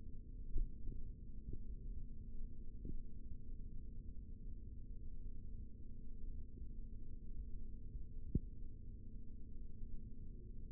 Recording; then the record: forearm muscle sounds (acoustic myography)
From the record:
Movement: rest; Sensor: system 3, bracelet of six PUI Audio POM-2738L microphones around the upper forearm, with dedicated amplification and filtering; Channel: 3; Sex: male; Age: 23 years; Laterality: right